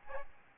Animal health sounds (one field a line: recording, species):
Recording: mosquito wingbeat signal from an infrared sensor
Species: Aedes albopictus